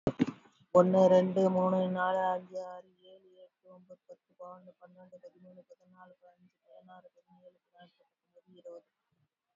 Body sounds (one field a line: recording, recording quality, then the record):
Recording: counting at a fast pace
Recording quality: excellent, no background noise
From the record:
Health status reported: exposed to COVID-19, no respiratory illness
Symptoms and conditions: muscle pain, hypertension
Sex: female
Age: 61 years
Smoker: no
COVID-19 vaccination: one dose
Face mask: worn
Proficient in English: no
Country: India